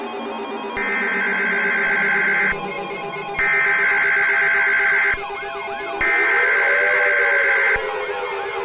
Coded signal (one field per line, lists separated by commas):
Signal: Emergency Alert System (SAME) tones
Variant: header bursts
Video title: EAS Recreation: San Francisco Tsunami